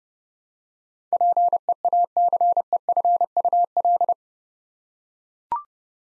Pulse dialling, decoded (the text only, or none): none